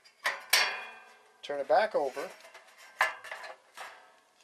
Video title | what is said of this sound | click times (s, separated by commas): Heat Surge Troubleshooting and Control Board Replacement | push it in till it snaps in place | 0.5 s